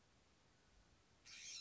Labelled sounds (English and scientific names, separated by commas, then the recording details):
California Scrub-Jay (Aphelocoma californica)
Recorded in Sonoma County, California